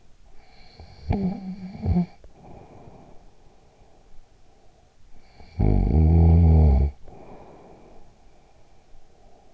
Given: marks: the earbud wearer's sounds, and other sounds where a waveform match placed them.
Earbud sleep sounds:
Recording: sounds in sleep by an in-ear microphone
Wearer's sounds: snoring breath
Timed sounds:
0.20-4.29 s: snoring breath
4.55-9.54 s: snoring breath

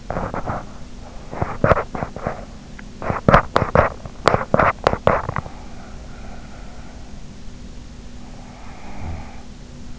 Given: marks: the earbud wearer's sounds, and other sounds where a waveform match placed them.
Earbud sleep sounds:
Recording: sounds in sleep by an in-ear microphone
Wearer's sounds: teeth grinding, snoring breath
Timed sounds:
0.00-5.71 s: teeth grinding
8.61-9.45 s: snoring breath

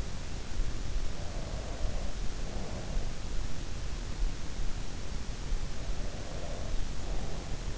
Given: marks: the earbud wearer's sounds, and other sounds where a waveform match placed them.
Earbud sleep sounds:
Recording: sounds in sleep by an in-ear microphone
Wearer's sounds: breath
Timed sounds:
0.97-2.90 s: breath
5.97-7.77 s: breath

